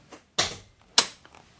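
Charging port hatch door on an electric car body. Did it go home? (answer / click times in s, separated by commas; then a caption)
released / 1.0 s. The charging port hatch door on an electric car body is opened, with a broad rustling thud at 0.4 s before its latch releases in a sharp, loud pop at 1.0 s. A few faint ticks follow as the hatch door pops open and is released.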